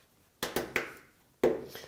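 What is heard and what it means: The remaining plastic access caps are pushed into the holes of a Samsung washer cabinet panel after the bolts are tightened during a shock absorber kit replacement (Samsung part DC66-00470B). Sharp snaps are heard at 0.4, 0.8 and 1.4 seconds, with a smaller tap at about 0.6 seconds. The caps are seated firmly home.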